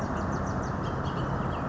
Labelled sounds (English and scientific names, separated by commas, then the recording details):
Bullock's Oriole (Icterus bullockii)
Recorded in Sonoma County, California